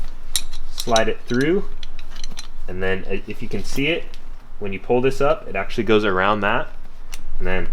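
The metal latch lever on a lap seatbelt buckle in a Baja Bug car is flipped open so the belt tongue can slide through, giving a short metallic clink at 0.4 s, followed by a few faint ticks. Someone talks throughout, and the latch is released.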